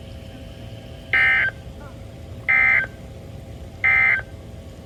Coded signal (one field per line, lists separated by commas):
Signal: Emergency Alert System (SAME) tones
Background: speech